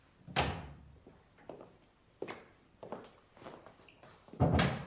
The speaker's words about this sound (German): Es klopft. Herein.